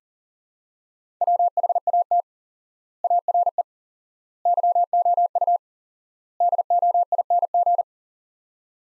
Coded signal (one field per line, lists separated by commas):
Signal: Morse code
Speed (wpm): 40 wpm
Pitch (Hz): 700 Hz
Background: none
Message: WHAT ARE YOU DOING